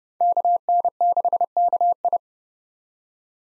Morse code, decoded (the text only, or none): KN6KI